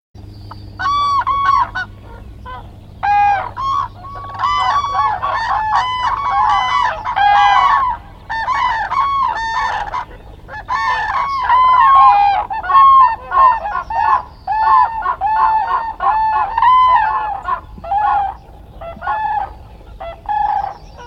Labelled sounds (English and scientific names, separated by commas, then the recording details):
Demoiselle Crane (Grus virgo) call
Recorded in the wild
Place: Trent, Insel Rügen, Mecklenburg-Vorpommern, DE
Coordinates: 54.497, 13.302
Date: 1977-03-24
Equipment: Nagra III BH, Sennheiser MD 21, parabola
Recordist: Schubert, Michael
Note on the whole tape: Kraniche rufen auf dem Acker